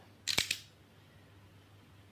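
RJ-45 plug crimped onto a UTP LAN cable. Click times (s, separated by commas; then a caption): 0.3 s, 0.4 s, 0.5 s. An RJ-45 plug is crimped onto a UTP LAN cable with a crimping tool to lock the connector onto the cable. Sharp clicks sound at 0.3, 0.4 and 0.5 seconds, and the connector is seated.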